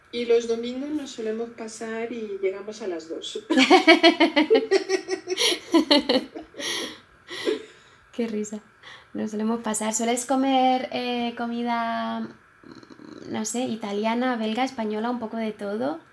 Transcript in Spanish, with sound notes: y los domingos nos solemos pasar y llegamos a las dos (RISAS)
Qué risa, nos solemos pasar. ¿Sueles comer comida, no sé, italiana belga española un poco de todo?